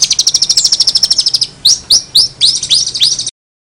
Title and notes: Suara Burung Cendet Isian Cililin. Masteran Burung Cendet